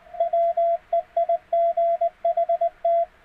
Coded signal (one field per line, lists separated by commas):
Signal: Morse code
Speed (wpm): 19 wpm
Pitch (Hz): 680 Hz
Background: radio noise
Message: WEIGHT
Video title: CW Passband Experiment